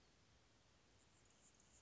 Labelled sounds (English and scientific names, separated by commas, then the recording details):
Anna's Hummingbird (Calypte anna)
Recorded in Sonoma County, California